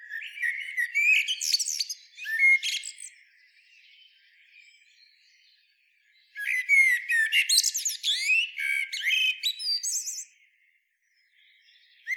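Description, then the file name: Eurasian blackbird delivering two long phrases of warbled whistles and shrill twitters, a quiet spell between them, and a fresh phrase beginning at the very end. "Turdus merula"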